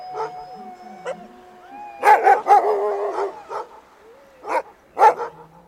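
Dog barking in short, sharp bursts: a few softer barks early, a quick triple bark around the middle, then several more barks toward the end, with whining tonal sounds between.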